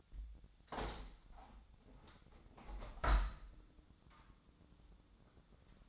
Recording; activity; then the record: daily activity, microphone in the room; open window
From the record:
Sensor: 3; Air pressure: 1006.4 hPa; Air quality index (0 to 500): 197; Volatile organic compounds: 15 ppm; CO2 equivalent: 2511 ppm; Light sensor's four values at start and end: 10/24/10/10 and 11/25/10/10